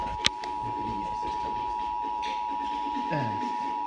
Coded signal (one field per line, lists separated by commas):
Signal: Emergency Alert System (SAME) tones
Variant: 853 and 960 Hz attention tone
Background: speech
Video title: EAS #54 Required Monthly Test